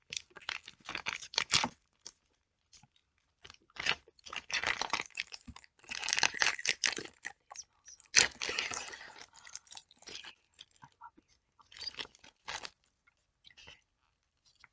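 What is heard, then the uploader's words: Eating of chewy, sour candy strips, with sticky, crackling chews arriving in irregular bursts. Denser runs of crunching fill roughly 4–7 and 8–10 seconds, separated by short quiet gaps. There is nothing else in the background. I ate some air heads extremes using my new blue yeti mic! Eating air heads extremes.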